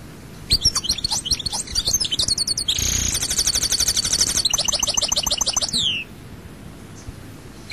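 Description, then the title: European goldfinch song: fast tinkling twitters that run into a dense buzzy trill mid-phrase, then liquid chatter ending in a downslurred note. "Chant Chardonneret"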